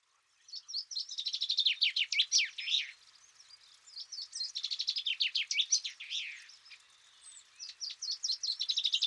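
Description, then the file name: Common chaffinch song phrases repeated roughly every three to four seconds, each a bright cascading trill that drops in pitch and ends with an emphatic flourish. "Fringilla coelebs"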